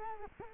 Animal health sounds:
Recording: mosquito wingbeat signal from an infrared sensor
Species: Culex quinquefasciatus

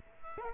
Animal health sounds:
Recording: mosquito wingbeat signal from an infrared sensor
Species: Culex quinquefasciatus

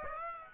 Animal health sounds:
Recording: mosquito wingbeat signal from an infrared sensor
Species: Aedes aegypti

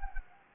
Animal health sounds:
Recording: mosquito wingbeat signal from an infrared sensor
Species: Anopheles gambiae

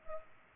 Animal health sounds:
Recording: mosquito wingbeat signal from an infrared sensor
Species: Culex pipiens

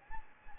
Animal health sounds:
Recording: mosquito wingbeat signal from an infrared sensor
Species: Anopheles gambiae

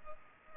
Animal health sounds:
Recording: mosquito wingbeat signal from an infrared sensor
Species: Culex pipiens

